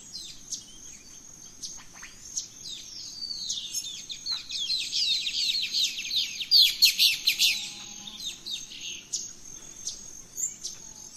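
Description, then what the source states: Birds in a dawn chorus, many high chirps and trills overlapping and swelling to a dense peak midway before thinning, over a steady high whine. Dawn chorus of rainforest birds, Gran Sabana, Venezuela.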